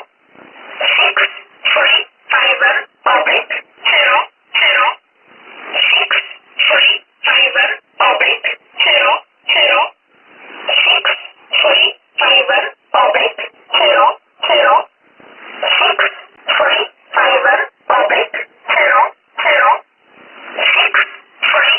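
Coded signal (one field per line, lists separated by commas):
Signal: numbers station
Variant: E11 Oblique, English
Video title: 06 10 2017 Numbers station E11 Oblique in English to Eu 0710 on 9963 unknown tx site in USB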